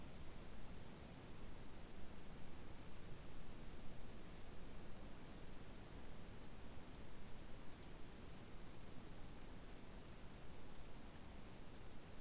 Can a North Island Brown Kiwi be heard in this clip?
no